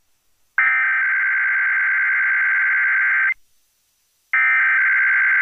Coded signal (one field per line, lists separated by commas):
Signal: Emergency Alert System (SAME) tones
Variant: header bursts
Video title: EAS- Sacramento Valley Required Monthly Test (RMT) on KFBK-AM (5/1/23)